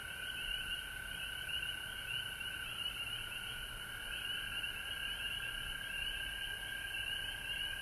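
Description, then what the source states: Frog chorus of many overlapping trilled calls, a bright shimmering drone that stays level throughout, with a steady high hiss. Recorded at home in Georgia on March 19, 2020.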